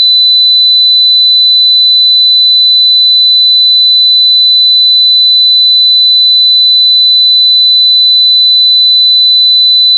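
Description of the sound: A steady, piercing high-pitched pure tone near 4000 Hz runs unbroken for the whole clip, with faint regular pulses layered on it. It is a synthetic test tone for tinnitus determination, used to match the pitch of a person's tinnitus, not a body sound.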